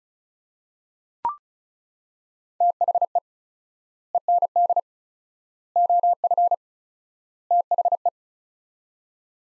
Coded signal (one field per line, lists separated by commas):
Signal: Morse code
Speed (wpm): 36 wpm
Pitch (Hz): 700 Hz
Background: none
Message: THE END OF THE